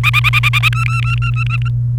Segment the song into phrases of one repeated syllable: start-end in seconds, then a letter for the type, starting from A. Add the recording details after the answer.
0.03-0.69 A, 0.73-1.68 B. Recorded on 29 April 2018 at 17:48. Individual llb3